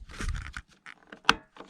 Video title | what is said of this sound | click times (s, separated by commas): Super Bright Rc Airplane LED Light Set | and get that back one clicked in | 1.3 s